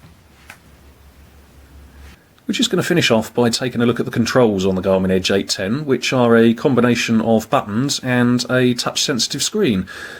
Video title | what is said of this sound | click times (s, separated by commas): Garmin Edge 810 Unboxing & Overview | and again you'll hear it click into place | 0.5 s